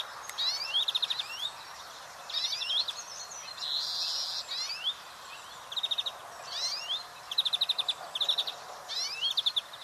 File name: Chloris chloris